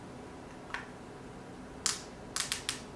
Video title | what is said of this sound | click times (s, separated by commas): Apple's Self Repair of Jessa's iPhone 12 Pro. Let's GO! | yeah it does have that like little clicky | 1.9 s, 2.5 s, 2.7 s